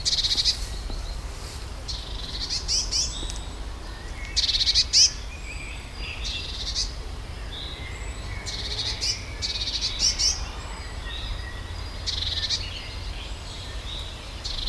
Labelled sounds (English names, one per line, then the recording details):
Eurasian Blue Tit
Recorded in the wild
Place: Schloßpark Niederschönhausen, Berlin, DE
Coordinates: 52.58, 13.4
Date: 1996-05-26 17:18
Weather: wechselnd wolkig, 17°C
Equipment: Sony MD-WM MZ-R3, Sennheiser MKH 416 T, Kopie Uher 4000 Report Monitor
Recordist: Tembrock, Günter
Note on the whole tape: Ein Tier in Baumhöhle (ca. 120 cm über dem Boden), reagiert auf Beobachter und Mikro im Öffnungsspalt mit säugetierähnlichem Laut, Gefiedergeräusch. Später zweiter Vogel anfliegend, Erregungslaute. Bis 17.27 Uhr